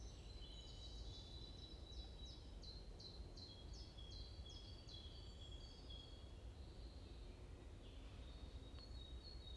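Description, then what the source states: Bird chirping as a fast series of short high descending notes, then softer scattered chirps, with constant low background rumble. Morning birds chirping around a forest in Bosvoorde, Watermaal-Bosvoorde, Brussels, Belgium; described as peaceful ('rust'); recorded with an AMBE VR microphone.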